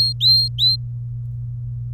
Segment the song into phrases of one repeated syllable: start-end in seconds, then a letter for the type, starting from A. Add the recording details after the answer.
0.00-0.76 A. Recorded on 23 April 2018 at 17:26. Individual llb3